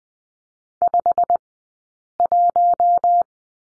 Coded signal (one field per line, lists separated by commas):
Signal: Morse code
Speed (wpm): 20 wpm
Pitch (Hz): 700 Hz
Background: none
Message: 51